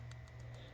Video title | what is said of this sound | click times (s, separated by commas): De-pinning and replacing connector | you can hear click, | 0.1 s